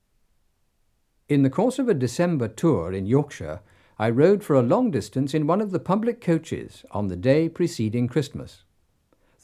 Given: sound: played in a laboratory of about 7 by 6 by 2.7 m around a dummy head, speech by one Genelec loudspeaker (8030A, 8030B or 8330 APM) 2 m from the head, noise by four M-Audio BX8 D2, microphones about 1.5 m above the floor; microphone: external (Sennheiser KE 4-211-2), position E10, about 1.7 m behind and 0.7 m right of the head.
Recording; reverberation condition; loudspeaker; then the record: male speech in English; low; 150 degrees to the right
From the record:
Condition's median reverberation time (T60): about 310 ms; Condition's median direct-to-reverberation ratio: about 3.5 dB